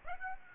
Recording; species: mosquito wingbeat signal from an infrared sensor; Aedes aegypti